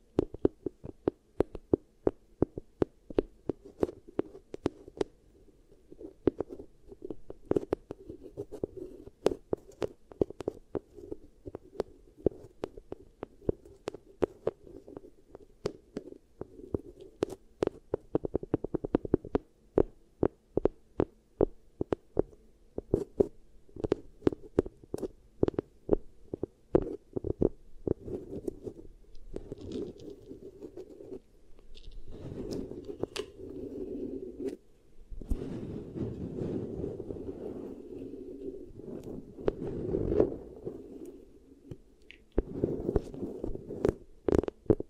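Beeswax ear triggers: sticky clicks and crackles fire in quick, dense bursts, with brief pauses between runs. A low, muffled rubbing hum sits underneath throughout, swelling into softer squishing strokes after about thirty seconds before the crisp crackling returns near the end.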